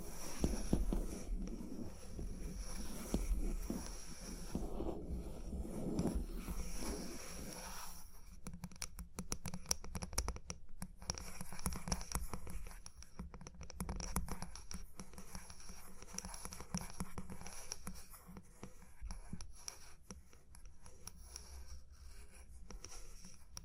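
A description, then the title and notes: Tapping and scratching run through the whole recording, with dense, rough scraping in the first eight seconds over a low rumble. After that it thins to quick, irregular taps and ticks. A faint steady high whine stays in the background throughout. Tapping and Scratching (No Talking).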